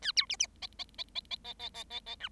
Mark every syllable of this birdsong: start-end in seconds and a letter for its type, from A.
0.02-0.12 A, 0.16-0.26 B, 0.29-0.36 C, 0.39-0.47 C, 0.62-0.67 D, 0.79-0.84 D, 0.98-1.04 D, 1.15-1.20 D, 1.30-1.36 D, 1.44-1.54 D, 1.59-1.69 D, 1.74-1.83 D, 1.90-2.00 D, 2.06-2.15 D, 2.20-2.29 E